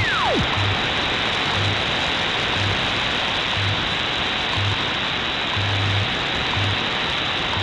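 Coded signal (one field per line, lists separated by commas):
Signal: radio time signal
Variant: WWV HamSCI test signal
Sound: steady loud hiss, a quick falling whistle sweep, faint low pulses each second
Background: radio static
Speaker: you don't hear that much about it that you did see in here some of the test sweeps and there will be shifting tones and sweeps actually from wwv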